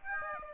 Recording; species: mosquito wingbeat signal from an infrared sensor; Aedes aegypti